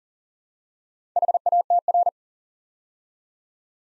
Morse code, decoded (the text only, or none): HATR